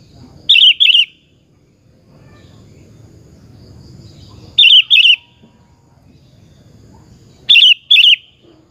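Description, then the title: Sooty-headed bulbul calls: three double-noted phrases, high and sharp, at irregular intervals, with low background noise between. "Kutilang"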